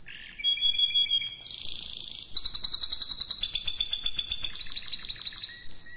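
Canary song opening with whistled notes, then a dense buzzy burst, followed by a fast pulsing trill of many notes and a closing whistle.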